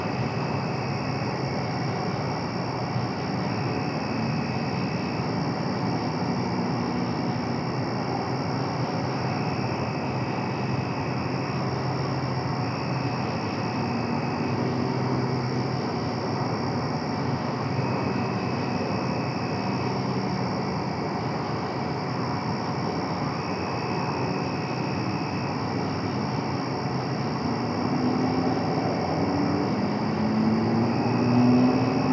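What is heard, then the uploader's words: A summer night chorus of insects holds steady throughout, layered as high, even trilling bands that never pause. Underneath runs a constant low rumble, like traffic, and the overall level stays flat from start to finish. Midwest Michigan Summer Night. This audio was captured using a Sennheiser mkh-416 shotgun mic and a Sound Devices MixPre-6 digital recorder. Insects and animals that only come out at night.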